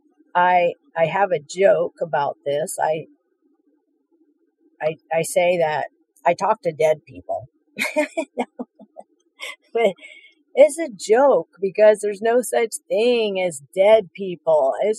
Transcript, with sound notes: I have a joke about this. I, I, I say that I talk to dead people. (laughs) But it's a joke because there's no such thing as dead people.